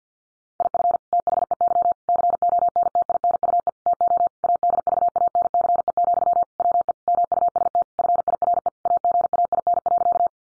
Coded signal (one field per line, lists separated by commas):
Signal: Morse code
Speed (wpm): 50 wpm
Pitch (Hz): 700 Hz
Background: none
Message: IF THEY CONTINUE TO ADVANCE, WE MUST FIRE AGAIN.